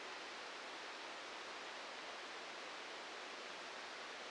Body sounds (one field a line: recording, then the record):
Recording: brain microelectrode recording played as sound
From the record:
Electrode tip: outside the subthalamic nucleus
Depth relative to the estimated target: 0 mm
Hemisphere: left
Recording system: NeuroSet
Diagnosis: Parkinson's disease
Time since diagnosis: 8 years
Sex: male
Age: 46 years